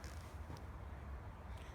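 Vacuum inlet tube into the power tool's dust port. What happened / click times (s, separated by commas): The plastic tube twisted and clicked into place / 0.0 s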